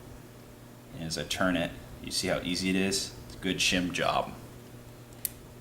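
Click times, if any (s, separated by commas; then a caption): 5.2 s. Someone talks while turning the gears of an open Version 2 airsoft gearbox by hand, a good shim job that turns easily. At 5.3 s the anti-reversal latch drops in with one sharp click and stops the gear from turning back, so the latch is seated and working.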